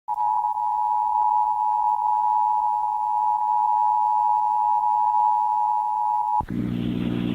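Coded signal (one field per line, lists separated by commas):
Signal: Emergency Alert System (SAME) tones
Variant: 853 and 960 Hz attention tone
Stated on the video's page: Winter storm warning received from an FM radio station at 106.1 and recorded on tape, so quality may be poorer.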